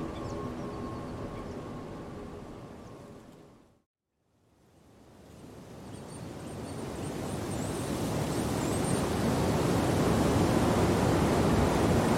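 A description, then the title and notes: A steady rushing wash of flowing water and rustling fades out to near silence just before the four-second mark, then swells back up and grows steadily louder to the end. Faint, thin bird chirps flicker high above it between about six and nine seconds. The gentle rustling of leaves, the soft chirping of birds, and the distant rustle of flowing water.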